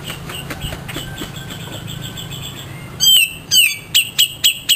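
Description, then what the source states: Grey-cheeked bulbul song: soft chattering notes at first, then a series of loud, clear slurred whistles. Long-duration tutor song for training caged birds.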